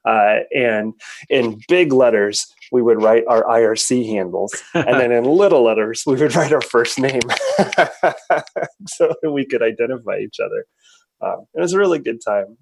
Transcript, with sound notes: and in big letters we would write our IRC handles and in little letters we would write our first name.
- [laugh]
- So we could identify each other.
- It was a really good time.